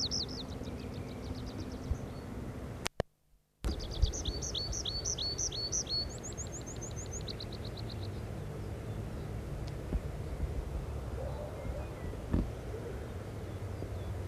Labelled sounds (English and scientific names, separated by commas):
Tree Pipit (Anthus trivialis) song